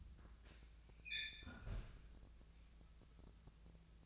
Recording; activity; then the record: daily activity, microphone in the room; close fridge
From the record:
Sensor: 2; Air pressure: 999.9 hPa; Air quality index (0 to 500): 122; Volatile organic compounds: 2 ppm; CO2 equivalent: 1052 ppm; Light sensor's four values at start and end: 32/80/34/38 and 32/80/34/38